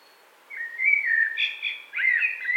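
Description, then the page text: Common blackbird song: a continuous, liquid whistled warble, rising and falling, with a brief higher flourish in the middle. "Звуки птиц - Черный дрозд"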